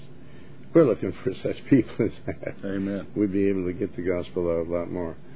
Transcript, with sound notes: We're looking for such people as that.
(laughs)
Amen.
We'd be able to get the Gospel out a lot more.